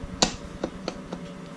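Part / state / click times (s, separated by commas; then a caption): wheel locking pin into cart axle / seated / 0.2 s. A wheel is snapped back onto a Hobie kayak cart axle and lifted so the internal metal spring pin drops into its groove. The locking pin clicks into place with a sharp click at 0.2 s, followed by quieter clicks at about 0.6, 0.9 and 1.1 s. The pin is seated.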